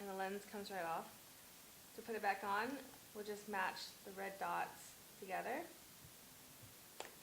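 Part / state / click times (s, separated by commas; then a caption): camera lens into camera body bayonet mount / seated / 7.0 s. Someone talks while an interchangeable lens is lined up by its red dots and twisted back onto the bayonet mount of a Contax 645 medium-format camera body. A single sharp click is heard at 7.0 s as the lens snaps and locks into place.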